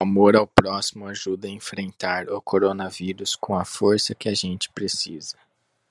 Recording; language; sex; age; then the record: spoken sentence; Brazilian Portuguese; male; 30 to 39 years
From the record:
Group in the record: control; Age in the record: 35 years